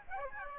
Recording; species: mosquito wingbeat signal from an infrared sensor; Aedes aegypti